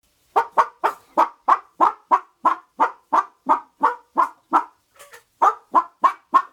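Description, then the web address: Chicken clucking in a steady series of short, hoarse notes, about three per second, with a brief soft pause near the five-second mark before the clucks resume. "chicken-clucking-type-2"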